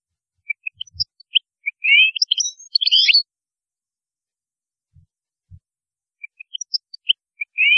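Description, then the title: European goldfinch song: rapid tinkling, twittering phrases with bright chirps and short trills, one burst then a pause before another begins; a few soft low thumps. "Chant Chardonneret"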